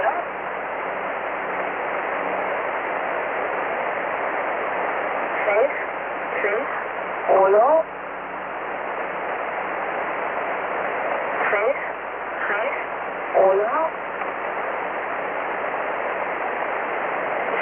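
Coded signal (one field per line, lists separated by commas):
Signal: numbers station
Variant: V07, Mandarin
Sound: loud hiss with faint short spoken words, two groups of three, about one per second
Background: radio static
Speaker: I am now going to play you a clip of what V07 sounds like so you at least get the idea of what the station did sound like when it was broadcasting.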